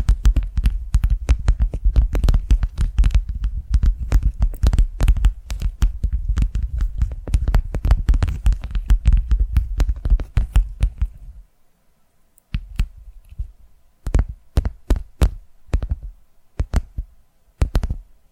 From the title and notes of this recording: ASMR Tapping Through Your Brain Invisible + Triggers (No Talking).